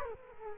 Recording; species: mosquito wingbeat signal from an infrared sensor; Culex quinquefasciatus